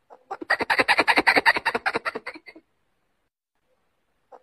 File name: tieng soc bung do keu goi duc mua sinh san